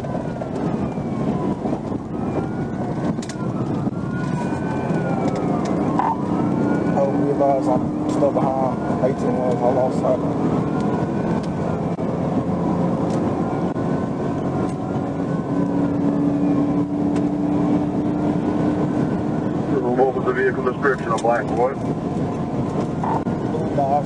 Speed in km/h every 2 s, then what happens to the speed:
137, 122, 124, 132, 143, 156, 164, 167, 174, 179, 187, 187.
0-2 brakes to 122. 2-24 speeds up to 187.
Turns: none.